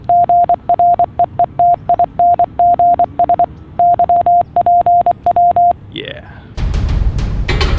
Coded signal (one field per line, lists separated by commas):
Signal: Morse code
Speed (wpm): 24 wpm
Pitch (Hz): 700 Hz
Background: speech, music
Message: GREETINGS YPW